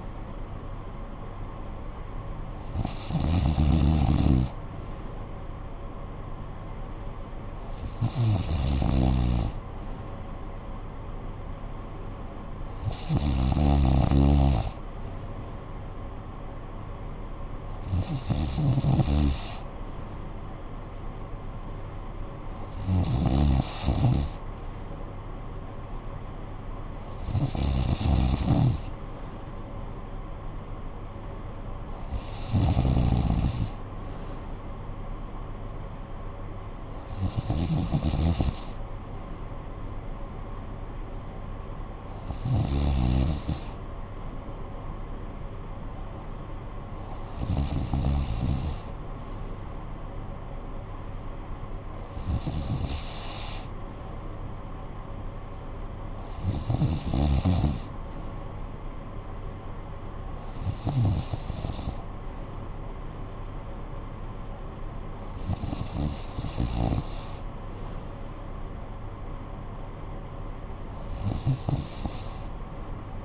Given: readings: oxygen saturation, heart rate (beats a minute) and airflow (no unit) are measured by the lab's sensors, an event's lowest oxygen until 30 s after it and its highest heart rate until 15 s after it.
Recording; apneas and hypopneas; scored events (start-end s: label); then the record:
breathing in sleep by a smartphone at the bedside; none
none scored
From the record:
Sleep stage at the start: N2 (light sleep); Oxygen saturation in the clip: 93 to 94%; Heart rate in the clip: 56 to 63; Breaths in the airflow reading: 15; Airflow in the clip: -11.4 to 7.2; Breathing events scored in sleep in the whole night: 445 in 7.6 hours asleep